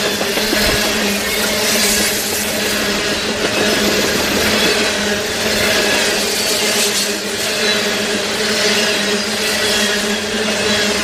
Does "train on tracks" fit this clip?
yes